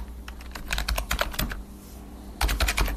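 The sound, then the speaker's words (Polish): An 88-year-old man types on a computer keyboard: rapid, uneven clicking of keys in two bursts separated by a brief pause, with a low steady hum underneath and no voices. “Nie umiem dobrze pisać na tym.”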